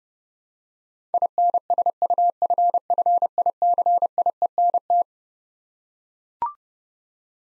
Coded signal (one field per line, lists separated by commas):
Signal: Morse code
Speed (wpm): 32 wpm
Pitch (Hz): 700 Hz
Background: none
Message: INSUFFICIENT